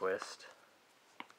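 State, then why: Seated. A plastic Platypus GravityWorks water filter cartridge is screwed onto the hose/reservoir fitting and twisted until it locks, while someone talks. Sharp clicks sound at 1.2 s and 1.3 s as the cartridge twist-locks and seats into place.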